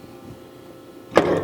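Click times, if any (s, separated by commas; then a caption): 1.2 s. On a Myford 5" x 12" high-precision hydraulic cylindrical grinder, the swing-down internal-grinding (ID) spindle head is spun down until it locks onto its key at the back of the wheelhead. After a quiet stretch, a single sharp metallic hit at 1.2 s marks the head seating and locking into place, followed by a brief ringing tail.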